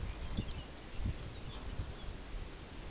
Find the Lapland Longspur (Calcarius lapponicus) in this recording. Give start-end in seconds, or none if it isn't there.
0.03-2.75